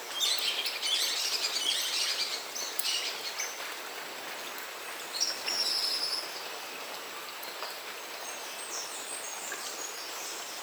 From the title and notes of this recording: Amazonian Morning Rain Cleanse · Santo Thomas, Peru.